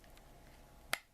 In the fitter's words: It clicks into place, but again, I think it's quite impractical, so